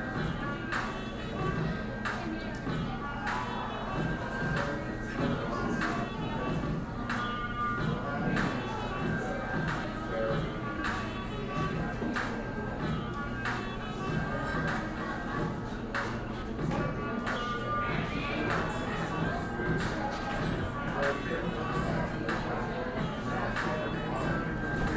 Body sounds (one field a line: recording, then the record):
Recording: background sound without coughing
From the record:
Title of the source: 60 minutes of coffee shop sounds for study and concentration